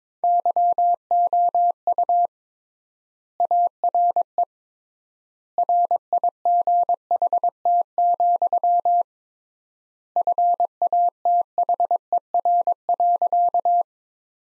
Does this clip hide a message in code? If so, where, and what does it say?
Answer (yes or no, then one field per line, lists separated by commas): yes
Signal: Morse code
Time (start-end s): 0.2-13.8 s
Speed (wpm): 22 wpm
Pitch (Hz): 700 Hz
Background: none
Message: YOU ARE RIGHT, FATHER.